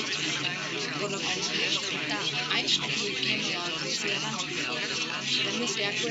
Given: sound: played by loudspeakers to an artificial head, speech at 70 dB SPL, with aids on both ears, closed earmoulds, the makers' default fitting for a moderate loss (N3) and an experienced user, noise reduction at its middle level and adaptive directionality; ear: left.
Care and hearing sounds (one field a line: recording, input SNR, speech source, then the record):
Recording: speech test signal (ISTS) in cocktail-party noise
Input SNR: -6 dB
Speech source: in front (0 degrees)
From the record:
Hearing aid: class 1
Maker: A